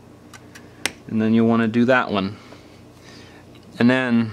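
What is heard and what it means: A finger presses the middle screen flex cable connector down into its socket on a phone logic board, and it seats with a sharp snap at 0.9 s. Two faint ticks come just before it, and then someone talks.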